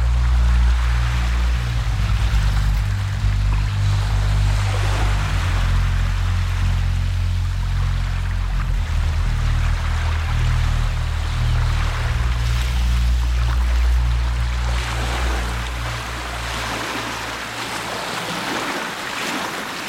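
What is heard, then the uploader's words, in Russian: Waves wash along the Atlantic coast of Portugal in a steady, dense hiss that swells and eases slightly, thinning a little toward the end. Under it a deep, constant engine-like hum runs the whole time, its pitch shifting briefly around the fifteen-second mark. Тропа рыбака в Португалии. Волны побережья. Запись сделана во время многодневного похода по тропе рыбака.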